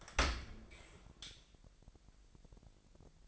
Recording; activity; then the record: daily activity, microphone in the room; open dishwasher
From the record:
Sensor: 5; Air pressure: 1000.6 hPa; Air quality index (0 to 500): 248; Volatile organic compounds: 35 ppm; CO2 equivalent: 3055 ppm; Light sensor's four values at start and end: 31/70/28/26 and 31/71/28/26